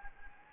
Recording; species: mosquito wingbeat signal from an infrared sensor; Anopheles gambiae